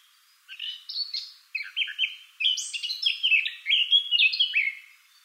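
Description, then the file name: Eurasian blackcap song: quick, varied warbled notes delivered in three bursts with brief pauses. "Sylvia atricapilla"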